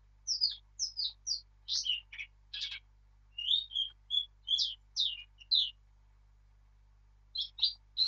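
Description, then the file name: Eurasian blackcap warbling in quick sharp notes, a long varied phrase followed by a pause and a few more notes near the end. "Sylvia atricapilla"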